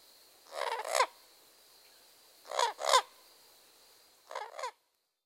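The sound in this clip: Common Gallinule giving harsh, scratchy squawks in pairs, separated by short pauses.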